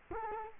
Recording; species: mosquito wingbeat signal from an infrared sensor; Culex quinquefasciatus